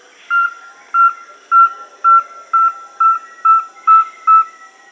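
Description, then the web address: Rusty-belted tapaculo repeating a pure, steady whistled note about twice a second, nine evenly spaced notes in a row. Recorded in Peru. "Birds of the Amazon 3. Rusty-belted Tapaculo (Liosceles thoracicus), Peru"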